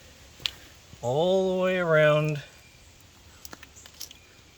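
The plastic inner door trim panel of a 1997 Trans-Am (F-Body fourth-generation Camaro, 1993–2002) is pressed onto the door frame hooks and clips, giving a single sharp click at 0.5 s as it seats. Someone then talks from about 1.0 to 2.4 s, followed by a few faint light ticks between 3.5 and 4.1 s. The panel is seated.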